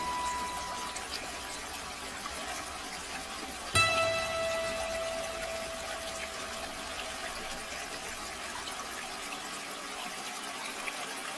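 Running water flows steadily and evenly for the whole clip, a soft, dense hiss with a low rumble underneath. Just before four seconds a sharp metallic knock rings out, leaving a thin squealing tone that fades over about two seconds.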